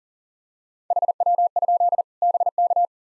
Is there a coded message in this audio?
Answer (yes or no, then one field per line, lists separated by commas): yes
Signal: Morse code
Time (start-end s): 0.9-2.9 s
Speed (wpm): 40 wpm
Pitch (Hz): 700 Hz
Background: none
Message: HW? BK